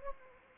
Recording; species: mosquito wingbeat signal from an infrared sensor; Anopheles arabiensis